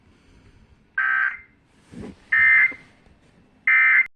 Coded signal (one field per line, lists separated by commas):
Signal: Emergency Alert System (SAME) tones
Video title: FIRE WARNING ON WJON IP EAS 234